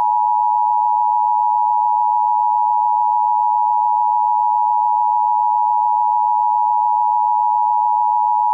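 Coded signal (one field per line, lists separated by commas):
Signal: Emergency Alert System (SAME) tones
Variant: 853 and 960 Hz attention tone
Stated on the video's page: Mockup of an old Emergency Broadcast System test on a CBS TV affiliate, a recreation rather than a real broadcast.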